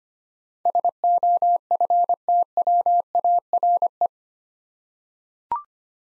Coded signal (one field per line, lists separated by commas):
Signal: Morse code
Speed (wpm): 25 wpm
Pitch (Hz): 700 Hz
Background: none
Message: SOFTWARE